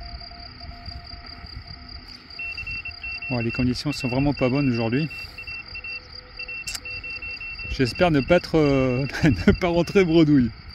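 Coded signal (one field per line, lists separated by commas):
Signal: Morse code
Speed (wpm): 28 wpm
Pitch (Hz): 2700 Hz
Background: speech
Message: CQ R0AA R0AA PSE K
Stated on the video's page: QRP CW contacts on a portable vertical antenna with radials, in average propagation conditions with no DX.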